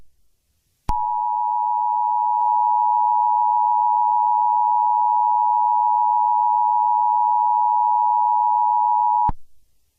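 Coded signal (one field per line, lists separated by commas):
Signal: Emergency Alert System (SAME) tones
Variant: 853 and 960 Hz attention tone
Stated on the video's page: Mock severe thunderstorm warning, simulated, not a real alert.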